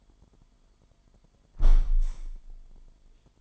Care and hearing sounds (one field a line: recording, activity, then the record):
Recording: daily activity, microphone in the room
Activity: close window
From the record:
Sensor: 5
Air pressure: 998.6 hPa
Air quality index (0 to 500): 105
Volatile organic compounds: 2 ppm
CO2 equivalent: 1211 ppm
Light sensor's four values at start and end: 42/105/43/49 and 42/105/43/49